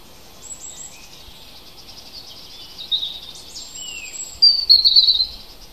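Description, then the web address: Bird song in high, thin twittering phrases, faint and scattered at first, then a louder rapid trilling burst near the end over soft background hiss. Native forest bird recorded in April. "oeko wald- vogel april vogel heimisch"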